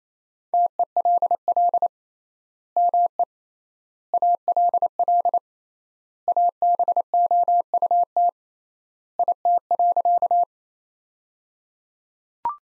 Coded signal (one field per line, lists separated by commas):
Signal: Morse code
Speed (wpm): 28 wpm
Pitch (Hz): 700 Hz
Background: none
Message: TELL ME ALL ABOUT IT.